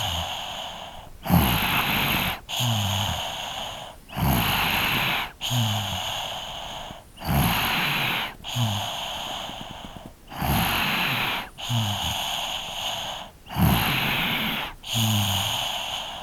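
Repeated noisy breaths, with a rough, snorting low rumble on each intake, come at about 19 a minute in a steady sleep rhythm. This is snoring in a three-year-old child.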